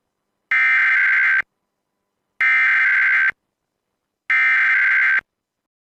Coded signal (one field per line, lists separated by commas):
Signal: Emergency Alert System (SAME) tones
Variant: header bursts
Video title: High Wind Warning on WDFA (EAS #176)